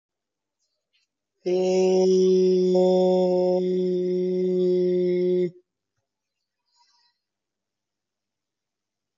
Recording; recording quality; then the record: sustained vowel as in made; excellent, no background noise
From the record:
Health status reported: COVID-19 positive, moderate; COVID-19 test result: positive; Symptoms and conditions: cough, cold, breathing difficulty, sore throat, fever, fatigue, diabetes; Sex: male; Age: 45 years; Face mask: worn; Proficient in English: yes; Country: India